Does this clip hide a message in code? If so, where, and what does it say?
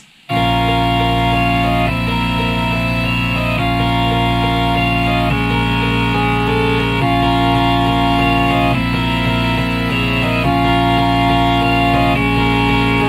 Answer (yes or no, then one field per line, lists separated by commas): no